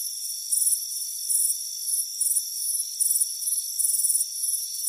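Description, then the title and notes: Cricket chirps in quick high trilled bursts, nearly two a second, layered over a constant thin insect hum. "Soothing Crickets Chirping Sound. It's a warm afternoon as you relax in a hammock on the front porch. Deep Sleep Sounds"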